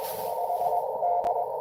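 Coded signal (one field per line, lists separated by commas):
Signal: Morse code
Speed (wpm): 23 wpm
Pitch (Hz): 700 Hz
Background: none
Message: HD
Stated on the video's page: Live CW Parks on the Air activation.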